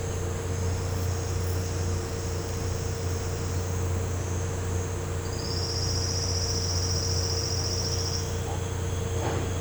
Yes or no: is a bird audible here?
yes